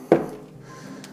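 The latch on a plastic underwater camera housing is opened so the camera can be put inside, giving a sharp, loud click at 0.1 s that fades quickly into a quiet background. A much fainter sharp tick follows at 1.0 s, and the latch is released.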